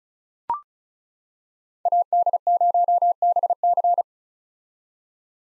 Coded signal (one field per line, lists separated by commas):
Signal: Morse code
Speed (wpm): 36 wpm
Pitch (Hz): 700 Hz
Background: none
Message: AD0BC